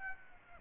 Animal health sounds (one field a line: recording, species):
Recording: mosquito wingbeat signal from an infrared sensor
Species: Aedes aegypti